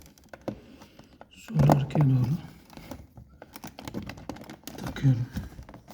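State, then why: Not seated. Someone fits a replacement plastic button cap onto the front-left power window switch of a Renault Megane IV door panel, with the front fixed tab seated first and the cap then pressed rearward, while someone talks. Small, light clicks and taps of handling the plastic are heard throughout. Nothing has seated or clicked into place yet.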